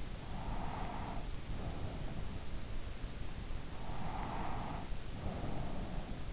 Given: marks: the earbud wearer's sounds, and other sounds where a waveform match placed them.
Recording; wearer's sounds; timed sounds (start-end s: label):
sounds in sleep by an in-ear microphone; breath, snoring breath
0.00-2.74 s: breath
3.72-6.28 s: snoring breath